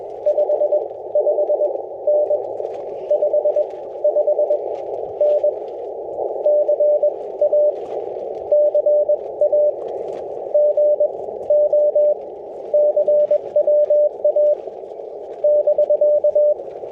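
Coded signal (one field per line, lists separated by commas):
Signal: Morse code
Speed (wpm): 19 wpm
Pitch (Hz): 600 Hz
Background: radio noise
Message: 55N 55N CA CA GO CWA <BK>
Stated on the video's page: Park activation at Santa Rosa Plateau Ecological Reserve, including a DX contact; windy conditions.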